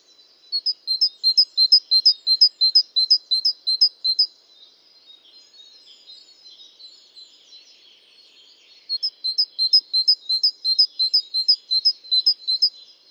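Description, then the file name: Great tit with two loud runs of high, evenly spaced paired notes about three per second, split by several seconds of faint, soft chatter. "Parus major"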